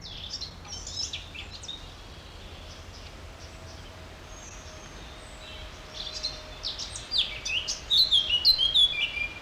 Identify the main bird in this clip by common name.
Eurasian Blackcap